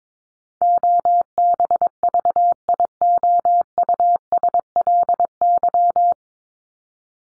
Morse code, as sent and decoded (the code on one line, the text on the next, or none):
--- -... ...- .. --- ..- ... .-.. -.--
OBVIOUSLY